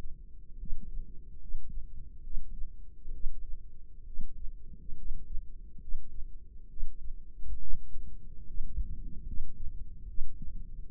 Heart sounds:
heart sounds by microphone in the left ear; 70 bpm
0.57 s: heartbeat
1.38 s: heartbeat
2.22 s: heartbeat
3.11 s: heartbeat
4.04 s: heartbeat
4.95 s: heartbeat
5.78 s: heartbeat
6.68 s: heartbeat
7.58 s: heartbeat
8.45 s: heartbeat
9.24 s: heartbeat
10.06 s: heartbeat
10.89 s: heartbeat
From the record:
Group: healthy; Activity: rest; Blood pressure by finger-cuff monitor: 141/76 mmHg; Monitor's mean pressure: 94 mmHg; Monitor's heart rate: 68 bpm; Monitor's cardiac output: 6.3 L/min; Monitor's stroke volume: 93 mL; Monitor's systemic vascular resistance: 1090 dyn s/cm5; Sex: female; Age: 22 years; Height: 154 cm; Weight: 58.7 kg

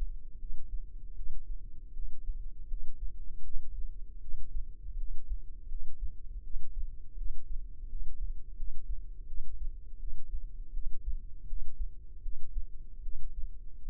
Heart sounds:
heart sounds by microphone in the left ear; 80 bpm
0.37 s: heartbeat
1.13 s: heartbeat
1.92 s: heartbeat
2.66 s: heartbeat
3.41 s: heartbeat
4.19 s: heartbeat
4.95 s: heartbeat
5.67 s: heartbeat
6.41 s: heartbeat
7.15 s: heartbeat
7.86 s: heartbeat
8.54 s: heartbeat
9.25 s: heartbeat
9.97 s: heartbeat
10.71 s: heartbeat
11.45 s: heartbeat
12.20 s: heartbeat
13.00 s: heartbeat
13.83 s: heartbeat
From the record:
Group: healthy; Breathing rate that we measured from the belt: 20 breaths a minute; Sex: female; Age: 19 years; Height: 163 cm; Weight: 48.9 kg

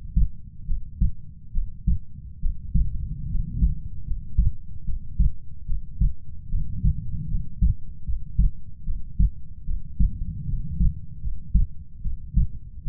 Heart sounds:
heart sounds by stethoscope; 74 bpm
0.66 s: heartbeat
1.52 s: heartbeat
2.40 s: heartbeat
3.27 s: heartbeat
4.05 s: heartbeat
4.84 s: heartbeat
5.66 s: heartbeat
6.49 s: heartbeat
7.28 s: heartbeat
8.04 s: heartbeat
8.84 s: heartbeat
9.65 s: heartbeat
10.45 s: heartbeat
11.21 s: heartbeat
12.02 s: heartbeat
12.83 s: heartbeat
From the record:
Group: healthy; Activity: rest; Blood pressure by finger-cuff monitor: 91/61 mmHg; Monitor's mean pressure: 71 mmHg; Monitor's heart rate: 74 bpm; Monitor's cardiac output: 5.4 L/min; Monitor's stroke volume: 73 mL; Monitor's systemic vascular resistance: 940 dyn s/cm5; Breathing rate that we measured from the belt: 17 breaths a minute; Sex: female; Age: 22 years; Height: 160 cm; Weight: 45 kg

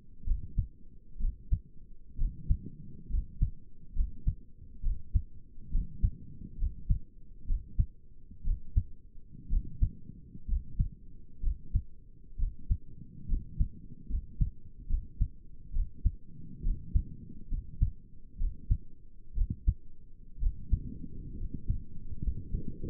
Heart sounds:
heart sounds by stethoscope; 66 bpm
0.27 s: heartbeat
1.20 s: heartbeat
2.19 s: heartbeat
3.11 s: heartbeat
3.96 s: heartbeat
4.84 s: heartbeat
5.72 s: heartbeat
6.59 s: heartbeat
7.48 s: heartbeat
8.45 s: heartbeat
9.51 s: heartbeat
10.49 s: heartbeat
11.43 s: heartbeat
12.39 s: heartbeat
13.29 s: heartbeat
14.10 s: heartbeat
14.90 s: heartbeat
15.74 s: heartbeat
16.64 s: heartbeat
17.51 s: heartbeat
18.39 s: heartbeat
19.36 s: heartbeat
20.41 s: heartbeat
21.38 s: heartbeat
22.23 s: heartbeat
From the record:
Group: healthy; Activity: rest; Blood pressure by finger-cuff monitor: 84/53 mmHg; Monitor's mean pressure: 64 mmHg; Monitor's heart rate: 64 bpm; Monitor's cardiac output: 5.8 L/min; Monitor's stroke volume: 88 mL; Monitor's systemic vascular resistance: 760 dyn s/cm5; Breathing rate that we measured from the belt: 17 breaths a minute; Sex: male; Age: 22 years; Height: 181 cm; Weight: 79 kg

